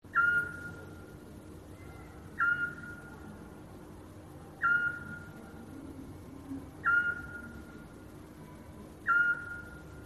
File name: Krik sovy - Splyushka